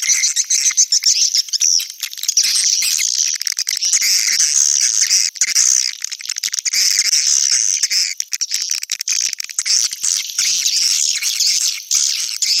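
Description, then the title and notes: Swiftlet chorus of constant high-pitched twittering and chirping, thick overlapping calls with slight dips in intensity now and then. Swiftlet calls associated with swiftlet farming in Asia. "Swiflet Bird Sound. Farming Swiflet Bird asia sound"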